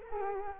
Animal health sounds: mosquito wingbeat signal from an infrared sensor; Culex quinquefasciatus

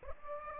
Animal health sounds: mosquito wingbeat signal from an infrared sensor; Aedes aegypti

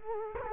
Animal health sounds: mosquito wingbeat signal from an infrared sensor; Culex quinquefasciatus

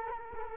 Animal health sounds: mosquito wingbeat signal from an infrared sensor; Culex quinquefasciatus

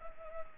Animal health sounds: mosquito wingbeat signal from an infrared sensor; Culex pipiens

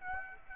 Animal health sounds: mosquito wingbeat signal from an infrared sensor; Aedes aegypti

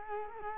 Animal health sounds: mosquito wingbeat signal from an infrared sensor; Culex quinquefasciatus

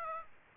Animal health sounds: mosquito wingbeat signal from an infrared sensor; Aedes aegypti

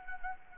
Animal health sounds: mosquito wingbeat signal from an infrared sensor; Anopheles gambiae

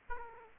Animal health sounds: mosquito wingbeat signal from an infrared sensor; Aedes aegypti

